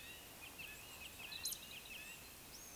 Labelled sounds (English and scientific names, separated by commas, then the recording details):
Eurasian Woodcock (Scolopax rusticola) whistle, Eurasian Woodcock (Scolopax rusticola) croak
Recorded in Baden-Württemberg, Germany, on 31 May 2021 at 19:54 UTC
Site 24606, 635 m above sea level